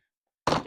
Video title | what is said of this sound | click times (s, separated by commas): Attention MMA coaches - everything you need for fight night | can literally snap on just like this and snap on. | 0.5 s